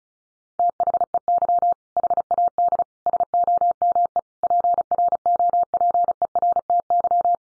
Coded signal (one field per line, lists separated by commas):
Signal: Morse code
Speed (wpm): 34 wpm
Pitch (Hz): 700 Hz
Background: none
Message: THEY HAD SOME PROPERTY